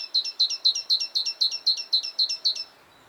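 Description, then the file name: Great tit: a steady, fast string of clear, high notes, evenly spaced, stopping abruptly near the end. "Parus major"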